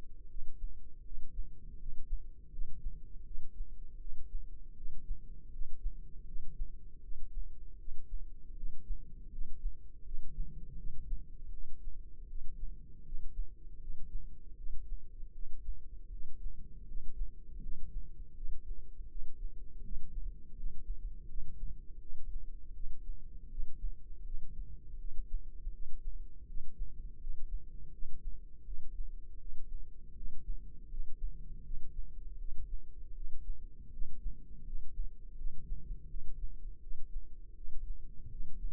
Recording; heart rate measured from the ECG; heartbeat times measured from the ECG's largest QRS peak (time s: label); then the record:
heart sounds by microphone in the left ear; 80 bpm
0.27 s: heartbeat
1.02 s: heartbeat
1.77 s: heartbeat
2.49 s: heartbeat
3.23 s: heartbeat
3.97 s: heartbeat
4.74 s: heartbeat
5.50 s: heartbeat
6.24 s: heartbeat
7.00 s: heartbeat
7.76 s: heartbeat
8.54 s: heartbeat
9.29 s: heartbeat
10.03 s: heartbeat
10.75 s: heartbeat
11.50 s: heartbeat
12.26 s: heartbeat
13.03 s: heartbeat
13.78 s: heartbeat
14.54 s: heartbeat
15.31 s: heartbeat
16.09 s: heartbeat
16.85 s: heartbeat
17.60 s: heartbeat
18.33 s: heartbeat
19.07 s: heartbeat
19.81 s: heartbeat
20.54 s: heartbeat
21.26 s: heartbeat
21.98 s: heartbeat
22.72 s: heartbeat
23.48 s: heartbeat
24.22 s: heartbeat
24.97 s: heartbeat
25.70 s: heartbeat
26.45 s: heartbeat
27.18 s: heartbeat
27.90 s: heartbeat
28.63 s: heartbeat
29.38 s: heartbeat
30.13 s: heartbeat
30.88 s: heartbeat
31.62 s: heartbeat
32.37 s: heartbeat
33.13 s: heartbeat
33.90 s: heartbeat
34.63 s: heartbeat
35.35 s: heartbeat
36.07 s: heartbeat
36.79 s: heartbeat
37.53 s: heartbeat
38.28 s: heartbeat
From the record:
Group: healthy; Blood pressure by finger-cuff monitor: 114/68 mmHg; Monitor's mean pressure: 84 mmHg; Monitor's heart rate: 80 bpm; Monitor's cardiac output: 7.9 L/min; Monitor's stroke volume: 99 mL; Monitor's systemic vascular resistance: 770 dyn s/cm5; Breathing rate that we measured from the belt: 16 breaths a minute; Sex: male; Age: 33 years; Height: 179 cm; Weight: 80.4 kg